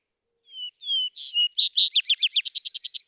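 Vesper sparrow song: two long whistles, then buzzy notes leading into a dense, rapid trill.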